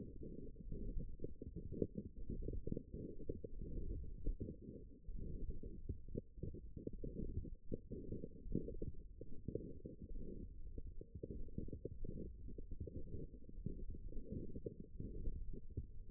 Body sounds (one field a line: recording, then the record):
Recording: forearm muscle sounds (acoustic myography)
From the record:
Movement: wrist extension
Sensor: system 1, eight BSWA MPA416 microphones around the upper forearm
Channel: 7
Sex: female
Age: 21 years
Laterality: right